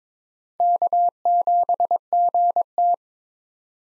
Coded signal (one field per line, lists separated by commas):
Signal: Morse code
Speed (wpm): 22 wpm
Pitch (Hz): 700 Hz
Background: none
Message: K7GT